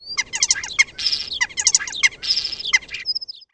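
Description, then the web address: Bird song: a rapid, complex run of high chirps, trills and buzzy notes in repeated bursts, ending with a short thin whistle. "Eyewitness Birds"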